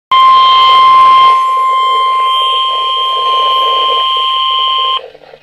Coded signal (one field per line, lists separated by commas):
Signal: Emergency Alert System (SAME) tones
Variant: 1050 Hz attention tone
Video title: EAS #15-16- Severe Thunderstorm Warnings